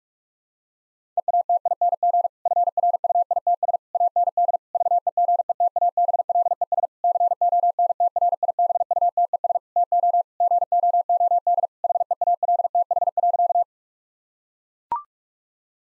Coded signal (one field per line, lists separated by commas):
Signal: Morse code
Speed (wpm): 43 wpm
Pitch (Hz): 700 Hz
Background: none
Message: EATING FRUITS AND VEGETABLES CONTRIBUTES TO GOOD HEALTH.